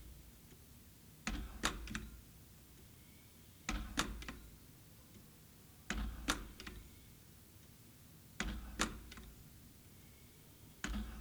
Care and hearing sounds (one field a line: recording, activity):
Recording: daily activity, guitar pickup as the sensor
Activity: manipulate door